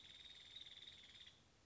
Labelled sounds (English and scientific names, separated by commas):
Nuttall's Woodpecker (Dryobates nuttallii)